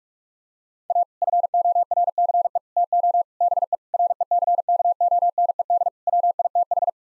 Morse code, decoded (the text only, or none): A FORCE TO BE RECKONED WITH